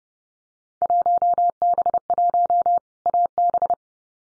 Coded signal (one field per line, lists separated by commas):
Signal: Morse code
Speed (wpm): 30 wpm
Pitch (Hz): 700 Hz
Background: none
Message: 1B1 AB